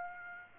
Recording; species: mosquito wingbeat signal from an infrared sensor; Aedes aegypti